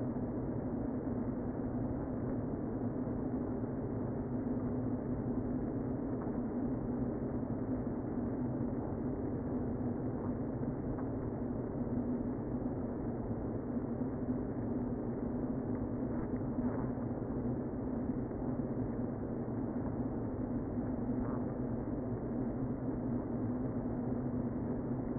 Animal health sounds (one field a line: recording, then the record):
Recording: honeybee colony, microphone inside the hive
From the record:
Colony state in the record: queen present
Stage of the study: before two queens were removed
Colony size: about 60,000 bees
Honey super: yes